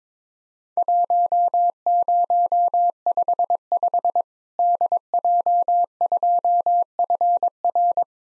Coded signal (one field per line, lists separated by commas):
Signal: Morse code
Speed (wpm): 22 wpm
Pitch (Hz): 700 Hz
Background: none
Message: 1055 DJ2FR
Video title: Worked All Europe DX Contest QTC Exchange 22wpm